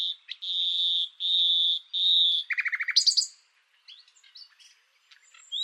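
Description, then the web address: Bird song: long steady high whistles, then a quick rattling trill and scattered soft chirps. "Deverinetal 2025 File origin Bird Only"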